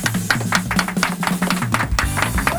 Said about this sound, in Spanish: El público, mirá cómo te aplaude.